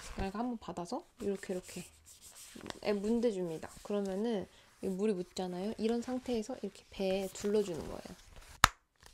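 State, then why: Seated. Someone talks while wrapping a wet Balance Fit EMS slimming belt around the waist, then pushes the plastic controller unit into its mount on the belt. A single sharp click at 8.6 s confirms the controller has seated in place.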